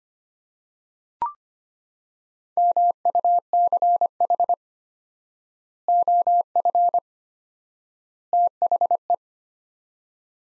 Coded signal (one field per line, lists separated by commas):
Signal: Morse code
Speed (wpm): 25 wpm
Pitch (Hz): 700 Hz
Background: none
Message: MUCH OF THE